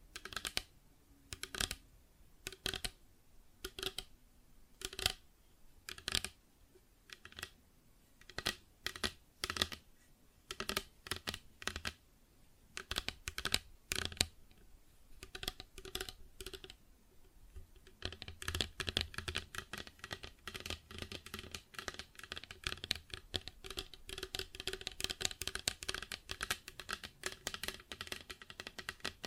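Plastic objects are tapped in quick, clicky bursts. The first half has separate clusters of sharp taps with short pauses between them. From about 18 seconds the clicks run together into a dense, nonstop rattle of tapping and scratching, brighter and busier than before.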